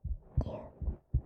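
Soft, dull low thumps come at a steady spacing over about a second, with faint rustle between them. They are an adult woman's own heartbeat, picked up by a microphone pressed against her chest, with no added sounds standing out.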